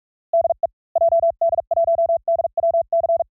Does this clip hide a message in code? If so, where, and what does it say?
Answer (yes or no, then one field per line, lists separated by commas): yes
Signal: Morse code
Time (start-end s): 0.3-3.2 s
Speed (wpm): 44 wpm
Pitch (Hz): 660 Hz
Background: none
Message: DE JD1DWC